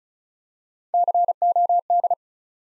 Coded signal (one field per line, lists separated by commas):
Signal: Morse code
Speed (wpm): 36 wpm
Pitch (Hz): 700 Hz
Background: none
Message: COD